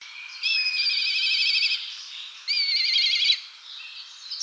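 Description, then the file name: Black kite whinnying calls: two high, quavering trills of about a second each, then a fainter one. "Milan noir"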